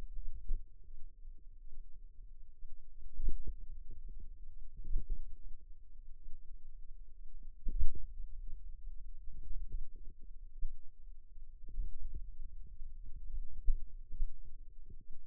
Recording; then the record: forearm muscle sounds (acoustic myography)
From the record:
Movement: pen grasping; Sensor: system 2, bracelet of six BSWA MPA416 microphones around the upper forearm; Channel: 5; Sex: female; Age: 22 years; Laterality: right